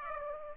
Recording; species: mosquito wingbeat signal from an infrared sensor; Aedes aegypti